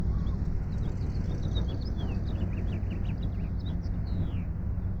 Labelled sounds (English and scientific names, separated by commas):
House Finch (Haemorhous mexicanus) song